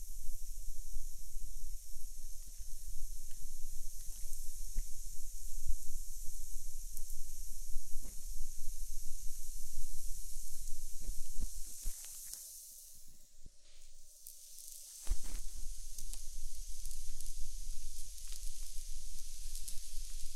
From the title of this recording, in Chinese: 滋滋耳烛，像烤肉还是下雨